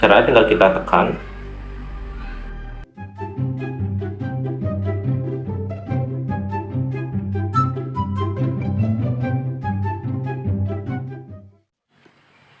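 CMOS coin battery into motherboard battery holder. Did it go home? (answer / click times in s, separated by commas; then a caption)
no / none. A CMOS coin battery is handled over its battery holder on a motherboard, about to be pressed in, while someone talks briefly at the start and music plays throughout before fading near the end. Nothing has seated or clicked yet.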